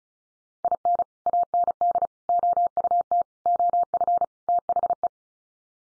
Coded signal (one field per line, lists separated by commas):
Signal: Morse code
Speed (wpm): 34 wpm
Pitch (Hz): 700 Hz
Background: none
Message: IN AND OUT OF THE